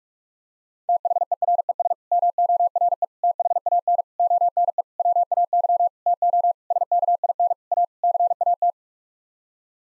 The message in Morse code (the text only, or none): THERES MORE THAN ONE WAY TO SKIN A CAT